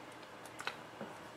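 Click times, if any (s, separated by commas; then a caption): none. A slim plastic Spigen hybrid phone case is lined up button side first and pushed onto a smartphone, with short, light handling clicks at about 0.6 s and 0.7 s and a softer tap near 1.0 s over quiet background noise. Nothing has seated or snapped into place yet.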